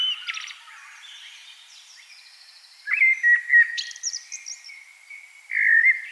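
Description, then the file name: Common blackbird song, faint high twittering early, then a clear mellow warbled phrase, a scratchy flourish, and a final low fluted note. "Turdus merula"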